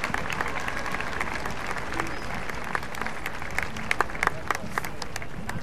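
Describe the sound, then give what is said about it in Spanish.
Sustained audience applause for Córdoba pianist Elvira Ceballos at Cosquín 2016: dense, steady clapping from a large crowd that holds at an even level throughout, with a few sharper claps standing out near the end and faint voices mixed in. “Y este aplauso la recibe en Cosquín 2016.”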